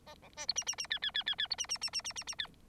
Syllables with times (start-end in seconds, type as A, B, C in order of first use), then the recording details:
0.06-0.15 A, 0.22-0.29 B, 0.36-0.46 C, 0.48-0.53 D, 0.55-0.64 E, 0.66-0.76 E, 0.78-0.87 E, 0.90-0.99 F, 1.02-1.11 F, 1.14-1.23 F, 1.26-1.35 F, 1.38-1.47 F, 1.50-1.55 D, 1.58-1.67 E, 1.69-1.78 E, 1.81-1.90 E, 1.93-2.02 E, 2.04-2.13 E, 2.15-2.24 E, 2.27-2.35 E, 2.38-2.47 F. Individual Bird9